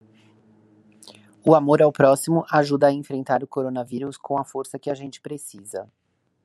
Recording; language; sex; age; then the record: spoken sentence; Brazilian Portuguese; female; 50 to 59 years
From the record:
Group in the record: control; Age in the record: 50 years